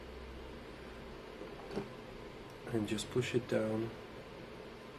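A 1987 Kawasaki GPX750 carburettor is flipped on its side while the jet needle with its two washers is lined up in the metal slide, ready to be pushed into place. Quiet handling noise with a faint rustle near 1.8 s, then someone talks from about 2.7 to 3.9 s. The needle has not clicked into place yet.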